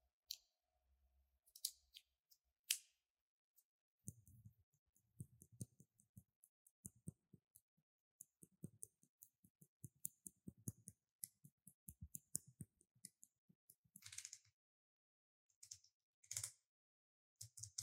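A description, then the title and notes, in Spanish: Packets are opened softly, with quick crinkling and tearing bursts. The sounds come in uneven clusters of small taps and rustles, denser from about four to twelve seconds, with brighter tearing swishes near fourteen and sixteen seconds. ASMR Unboxing. Los sonidos suaves y tranquilos de cada paquete siendo abierto.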